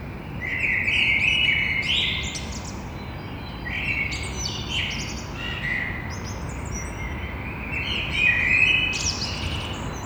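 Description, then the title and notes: Common blackbird giving several rich whistled phrases that close in squeaky high flourishes, over steady low street noise. Blackbird in early morning, street side, between two windows, Grand Rond, Toulouse, France, Thursday 9 April, 6:30 am. "Un beau jour, un merle noir, côté rue. Entre mes deux fenêtres Un merle noir toulousain et matinal. jeudi 09 avril 6:30 Toulouse - Grand Rond Contributeur : Stéphane Marin"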